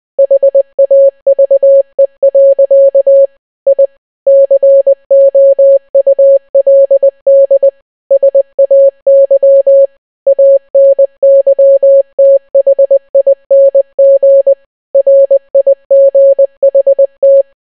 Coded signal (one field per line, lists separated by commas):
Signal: Morse code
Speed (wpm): 20 wpm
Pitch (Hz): 550 Hz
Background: none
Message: HAVE. I COULD SAY ANYTHING RIGHT